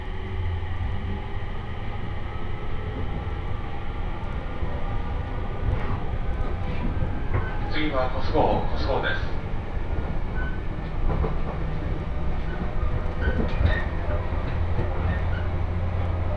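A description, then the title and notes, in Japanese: A train ride on the Tohoku Main Line, with a steady low rumble and hum from the rolling railcar throughout. Around eight to nine seconds brighter squeals and rattles rise over the drone, and faint talking seems to come and go in the background. 鉄道旅 東北本線 福島→北白川。列車はこの途中で福島県から宮城県へと入っていきます。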